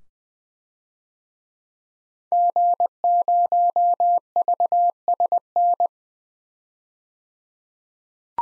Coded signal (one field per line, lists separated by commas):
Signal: Morse code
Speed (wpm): 20 wpm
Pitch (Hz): 700 Hz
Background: none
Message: G0VSN